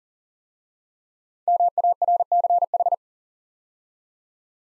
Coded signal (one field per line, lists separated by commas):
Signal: Morse code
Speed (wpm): 40 wpm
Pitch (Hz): 700 Hz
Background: none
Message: MARCH